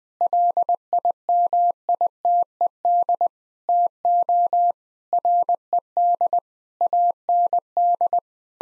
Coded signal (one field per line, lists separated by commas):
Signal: Morse code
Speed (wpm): 21 wpm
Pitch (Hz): 700 Hz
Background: none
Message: LIMITED TO RED AND